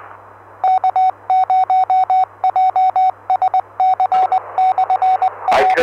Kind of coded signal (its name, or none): Morse code